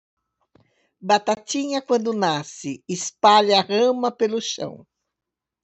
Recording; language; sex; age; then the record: short text; Brazilian Portuguese; female; 70 to 79 years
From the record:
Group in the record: control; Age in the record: 70 years